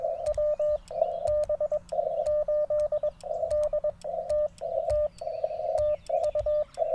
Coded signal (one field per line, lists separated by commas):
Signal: Morse code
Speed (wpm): 22 wpm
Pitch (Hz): 1200 Hz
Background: none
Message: WB8DTT TU